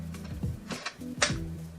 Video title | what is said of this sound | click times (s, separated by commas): Tech Time: Converting Slides and Negatives to Digital Images! | and it locks into place and then all you do is start feeding slides | 1.2 s